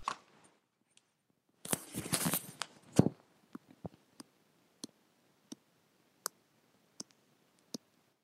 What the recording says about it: It literally is like a clock ticks. That's your mechanical valve. There is actually this little metal valve in my heart now, opening and closing every heartbeat.